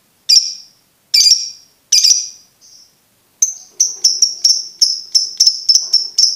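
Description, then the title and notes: Lovebird shrill song: three piercing squawks with gaps, then a fast, steady run of sharp high chirps repeated several times a second. Masteran training audio for birds to learn ngekek. "MASTERAN BURUNG. Belajar Ngekek. lofbet"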